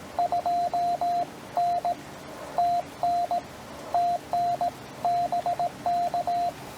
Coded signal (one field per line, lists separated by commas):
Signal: Morse code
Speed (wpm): 17 wpm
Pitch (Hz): 700 Hz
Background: radio noise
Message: 2 N TN TN BK